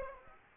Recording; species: mosquito wingbeat signal from an infrared sensor; Anopheles arabiensis